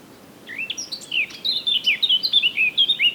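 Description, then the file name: Eurasian blackcap song: a quick, varied warble of bright whistled and chattering notes, rising and falling, starting after half a second and running without pause to the end. "Sylvia atricapilla"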